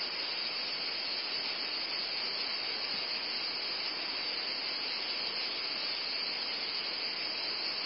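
Cicada chorus droning continuously, a shrill hiss-like buzz that never pauses or changes pitch across eight seconds; nothing else is audible.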